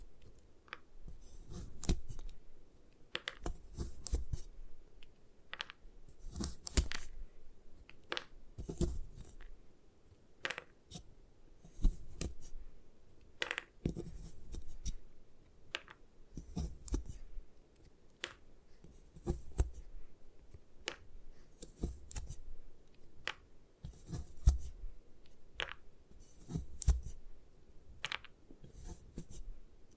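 Gym chalk is crushed and broken apart in a string of sharp, dry crunches and snaps. The cracks come irregularly, roughly one or two each second across the whole half minute, each with a brief low thump beneath it and a faint crumbling hiss between.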